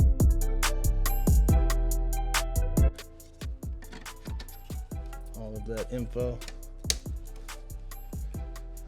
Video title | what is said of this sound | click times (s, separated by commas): How to Install TCU TUNE on Kia Stinger | Oh yeah, satisfying clicks for sure, for days there. | 6.9 s